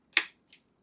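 Someone presses the plastic quick-release button for the PCIe graphics card slot on a Gigabyte Z890 AORUS ELITE X ICE motherboard. A loud, sharp click sounds at 0.2 s, followed by a faint, softer tick around 0.5 s. The retention latch releases, so the graphics card can be removed easily.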